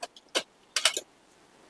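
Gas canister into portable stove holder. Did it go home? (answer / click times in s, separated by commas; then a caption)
yes / 0.8 s. A metal butane gas canister is pushed into the holder of a portable camping stove until it locks. Small metallic taps and scrapes build to a sharp metallic hit at 0.8 s, followed by a short rattling clatter before it goes quiet. The canister is locked in place.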